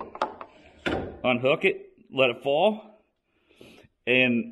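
A transom tie-down ratchet strap on a boat trailer has its lever flipped open to release the tension before the hook is taken off the boat, with the release click at 0.2 s among a few short sharp knocks at the start. After that, someone talks.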